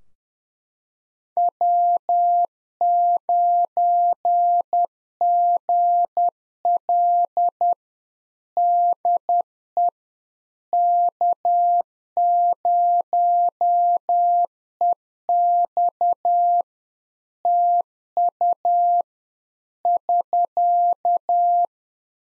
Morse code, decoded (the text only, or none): W9GL DE K0EX TU <SK>